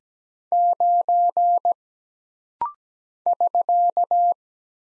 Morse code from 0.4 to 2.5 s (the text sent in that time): 9